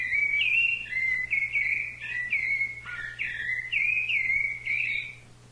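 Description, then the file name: Thrush song, a fluent stream of clear whistled and warbled phrases rising and falling without pause, over a faint steady low hum. "SABIA"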